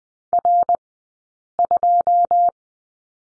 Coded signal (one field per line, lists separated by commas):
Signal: Morse code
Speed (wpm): 20 wpm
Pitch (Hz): 700 Hz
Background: none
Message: R2